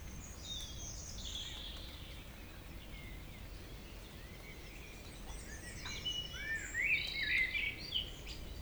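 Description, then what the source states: Birds singing: scattered faint chirps, then a clearer burst of twittering, warbled notes toward the end, with a low background hum. Evening village birds in Tregastel bourg, Pleumeur-Bodou, France; around 8 pm, humid weather, April 2019; recorded with MKH 8040 ORTF pair, Rycote, Zoom H5.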